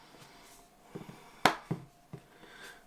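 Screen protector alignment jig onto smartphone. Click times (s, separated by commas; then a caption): 1.5 s. A plastic alignment jig from an ESR privacy screen protector set is pressed down over an iPhone 15 Pro Max, with a few soft knocks before a single sharp, loud snap at 1.5 s as the jig seats into place. Two quieter taps follow at about 1.7 s and 2.1 s against a low background hiss.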